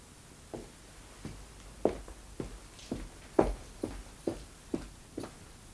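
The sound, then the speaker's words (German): A steady series of about ten footsteps at a walking pace, someone walking to a door to open it, each step a soft thud with a light scuff, moderately loud over a quiet background with no voices. “Vielleicht bemühst du dich höchstpersönlich, die paar Schritte zu tun und ihnen zu öffnen.”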